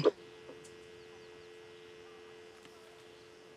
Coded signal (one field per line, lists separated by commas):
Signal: telephone call progress tone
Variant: North America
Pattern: dial tone